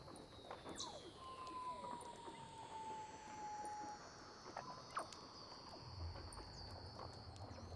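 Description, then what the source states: Weddell seal underwater calls: a level whistled tone held for about three seconds amid faint descending whistles and scattered clicks. Weddell seals recorded underwater by Douglas Quin.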